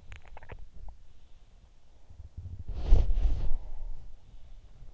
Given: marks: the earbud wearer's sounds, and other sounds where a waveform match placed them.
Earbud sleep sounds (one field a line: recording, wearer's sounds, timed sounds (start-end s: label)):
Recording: sounds in sleep by an in-ear microphone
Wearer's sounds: teeth grinding, body movement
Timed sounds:
0.00-0.66 s: teeth grinding
2.49-3.69 s: body movement